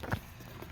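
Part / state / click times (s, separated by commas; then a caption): magnet-held trim panel into the sunroof headliner frame / seated / 0.1 s. A magnet-held sunroof trim panel on a 2020 Ford Edge is pulled down and released, snapping back up against its magnets into the headliner frame. A faint tap at 0.0 s is followed by a sharp low snap at 0.1 s as the panel seats, then only quiet background remains.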